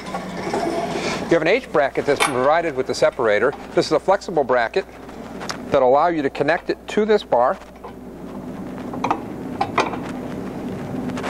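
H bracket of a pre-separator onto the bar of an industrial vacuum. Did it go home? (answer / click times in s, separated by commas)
no / none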